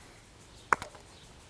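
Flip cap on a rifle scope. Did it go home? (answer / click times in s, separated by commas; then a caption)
yes / 0.7 s. A flip-up cap on a March F Tactical D8V24FIML LPVO rifle scope is pushed until it locks in place, flush with the side of the scope. A sharp click at 0.7 s is followed by a softer tick at about 0.8 s against quiet background, and the cap seats and stays locked.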